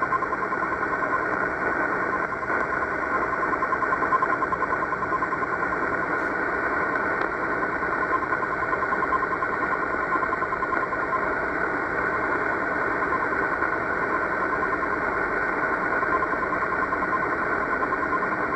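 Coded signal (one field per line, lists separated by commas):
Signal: radio time signal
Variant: RWM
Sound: rapid 1 kHz beeps, about ten per second, buried in steady hiss and static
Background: radio static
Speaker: time signal from Moscow Russia on 9996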